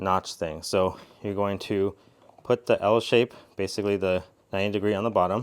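A man talks while an L-shaped plastic retaining clip, with its 90-degree bend at the bottom, is handled at its notched mount on the side skirt mount area of a 1991–2005 NSX car body. The clip has not yet been pushed over the mount, so nothing has seated or clicked yet.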